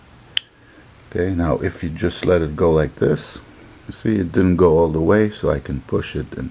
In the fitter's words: a little bit release the tension and only then the liner lock will release